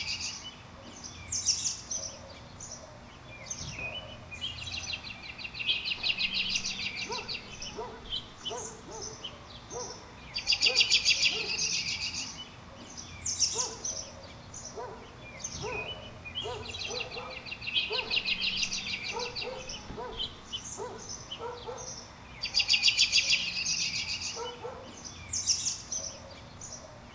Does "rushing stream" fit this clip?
no